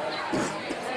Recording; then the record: coughing mixed with background sound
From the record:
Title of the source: 30 Chesty and wet cough